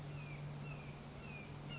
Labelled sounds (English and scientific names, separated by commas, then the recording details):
Red-shouldered Hawk (Buteo lineatus)
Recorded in Sonoma County, California